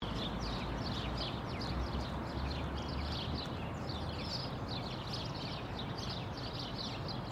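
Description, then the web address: Birds chirping in a dense, continuous chorus of short high twittering notes over a steady low rumble of construction machinery. Birds outdoors mixed with construction machinery. "Lynne Music Birds-Construction-Machine"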